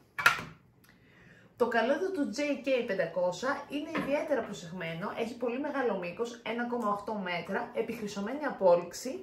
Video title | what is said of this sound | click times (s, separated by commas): AOC GK500 Keyboard Video Review | Ωστόσο κουμπώνει πάρα πολύ εύκολα γιατί είναι μαγνητικό. | 0.3 s